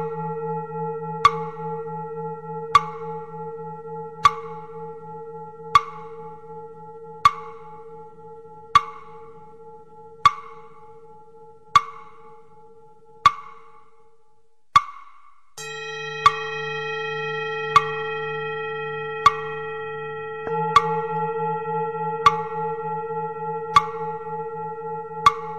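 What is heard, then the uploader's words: A singing bowl hums with a steady low drone and a clear mid tone while a sharp wooden knock sounds about every one and a half seconds. Near fifteen seconds everything stops briefly, then a fresh bright strike restarts the ringing bowl and the regular knocks continue. The wooden fish breaks your troubles, and the sound of the bowl dispels your anxiety.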